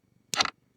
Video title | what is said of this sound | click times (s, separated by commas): Memory Wire Braclet and Earring set | and it popped right into place did you see how that just popped into place look | 0.3 s